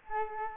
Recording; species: mosquito wingbeat signal from an infrared sensor; Culex quinquefasciatus